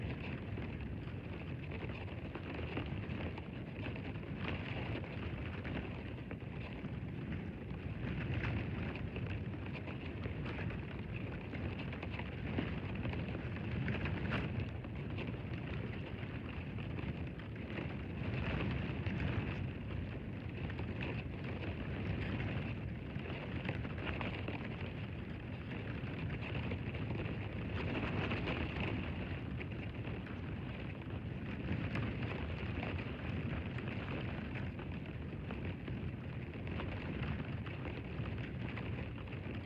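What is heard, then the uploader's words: Wind pushes steadily through tall, brittle grasses at the edge of a sandy shore, a dense, unbroken rush heavy in low rumble with a dry hiss above. The level holds nearly constant, with small gusts swelling briefly around 8, 14 and 28 seconds. A recording of wind moving the tall, brittle grasses which occupy the dividing line between the sandy shore and the beginning of dune elevation in Warren Dunes State Park. It was a blustery day with constant wind rustling the stalks.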